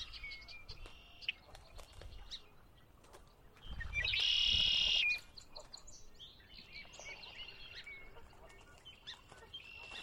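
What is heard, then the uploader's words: Birdsong at a lake on a chilly spring dawn: several high, thin songs and chirps trill steadily. Around four seconds a much louder, bright call bursts out for about a second, over a faint low rumble. Conner's Lake, chilly Spring dawn. Dawn (still twilight, ~5:15, but active already). Sinlahekin Wildlife Area. The temperature was chilly, barely above freezing, but the birds were abundant.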